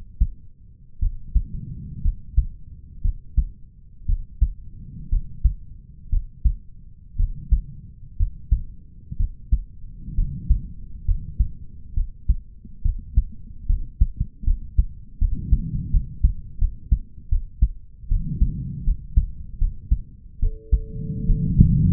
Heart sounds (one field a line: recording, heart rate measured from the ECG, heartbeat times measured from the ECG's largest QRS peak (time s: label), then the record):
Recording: heart sounds by stethoscope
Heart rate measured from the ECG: 68 bpm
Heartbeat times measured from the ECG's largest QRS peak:
1.00 s: heartbeat
2.02 s: heartbeat
3.02 s: heartbeat
4.06 s: heartbeat
5.09 s: heartbeat
6.10 s: heartbeat
7.17 s: heartbeat
8.17 s: heartbeat
9.17 s: heartbeat
10.15 s: heartbeat
11.05 s: heartbeat
11.94 s: heartbeat
12.82 s: heartbeat
13.66 s: heartbeat
14.44 s: heartbeat
15.18 s: heartbeat
15.91 s: heartbeat
16.58 s: heartbeat
17.29 s: heartbeat
18.09 s: heartbeat
18.84 s: heartbeat
19.58 s: heartbeat
20.40 s: heartbeat
21.26 s: heartbeat
From the record:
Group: healthy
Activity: rest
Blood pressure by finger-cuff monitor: 85/62 mmHg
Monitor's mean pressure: 69 mmHg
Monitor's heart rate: 68 bpm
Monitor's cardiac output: 4.8 L/min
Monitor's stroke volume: 71 mL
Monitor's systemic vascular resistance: 1010 dyn s/cm5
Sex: male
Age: 20 years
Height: 187 cm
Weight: 68.9 kg